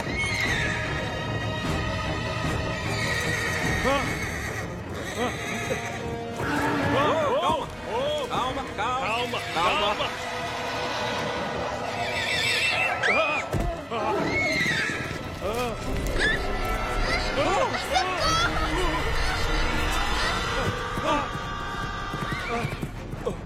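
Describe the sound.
A horse neighs and whinnies repeatedly in loud, high, wavering bursts over steady clip-clop hoofbeats, with voices mixed in among the dense, continuous commotion.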